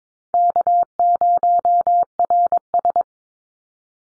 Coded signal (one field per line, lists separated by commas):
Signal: Morse code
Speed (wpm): 22 wpm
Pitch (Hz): 700 Hz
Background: none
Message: K0RS